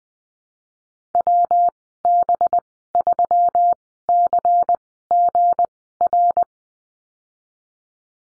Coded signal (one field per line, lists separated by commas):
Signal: Morse code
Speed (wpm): 20 wpm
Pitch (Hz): 700 Hz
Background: none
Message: WB3CGR